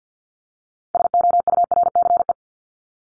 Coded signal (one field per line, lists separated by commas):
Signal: Morse code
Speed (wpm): 50 wpm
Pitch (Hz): 700 Hz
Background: none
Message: SOURCE